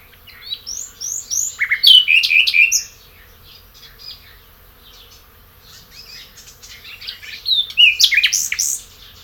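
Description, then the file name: Common nightingale song: rich, varied phrases of clear whistles, fast trills and sharp rattling notes in two bursts separated by a quieter gap of several seconds. "Luscinia megarhynchos"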